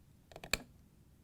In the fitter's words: once you have that snapped in then we can lift the assembly back up into the housing